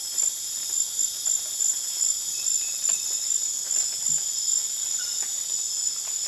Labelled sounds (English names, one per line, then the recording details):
none
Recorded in dense forest near Puerto Asís, Putumayo, Colombia, on 24 June 2025 at 19:30
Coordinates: 0.484, -76.325
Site H65